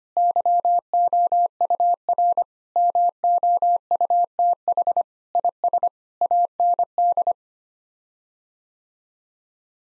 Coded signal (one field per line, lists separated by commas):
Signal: Morse code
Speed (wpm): 25 wpm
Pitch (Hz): 700 Hz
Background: none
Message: YOUR MOUTH IS AND